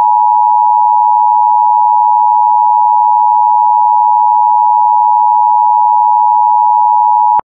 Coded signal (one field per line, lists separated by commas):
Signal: Emergency Alert System (SAME) tones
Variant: 853 and 960 Hz attention tone